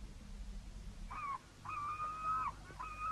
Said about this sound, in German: Ich hasse die Möwen